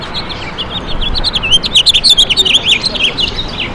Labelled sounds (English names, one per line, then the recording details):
House Finch song
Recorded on Long Island, New York, on 23 June 2012
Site AP
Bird C